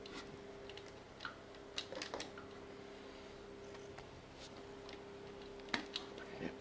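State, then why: Seated. During a rebuild of a Honda CRM 250 AR two-stroke motorcycle engine, an unnamed engine component is pressed or snapped into position in the engine; the click could also come from a torque wrench. Over a steady low hum, a few faint taps and knocks sound at about 1.2, 1.8, 2.0 and 2.2 seconds, then a sharp, loud click at 5.7 seconds. The part is seated with that click.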